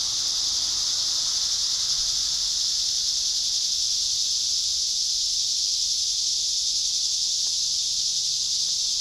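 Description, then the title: Cicadas in a dense chorus, a steady high hissing buzz that holds unbroken throughout, with a faint low rumble underneath. Recorded at Trinity. "neoscenes: cicadas at Trinity"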